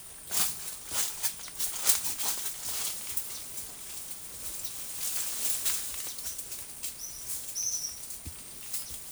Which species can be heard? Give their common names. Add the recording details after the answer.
none. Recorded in forest near Pivijay, Magdalena, Colombia, on 18 April 2023 at 17:30. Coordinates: 10.467, -74.380. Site Z5-G034